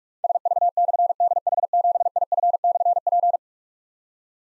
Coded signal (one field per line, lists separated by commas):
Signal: Morse code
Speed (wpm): 44 wpm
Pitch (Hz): 700 Hz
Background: none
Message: SV/DH7IF/P